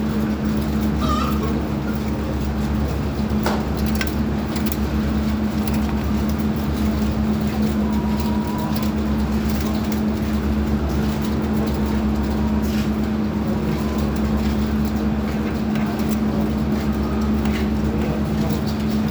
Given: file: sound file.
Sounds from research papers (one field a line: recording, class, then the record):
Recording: poultry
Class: feeding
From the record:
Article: Edge intelligence for poultry welfare: Utilizing tiny machine learning neural network processors for vocalization analysis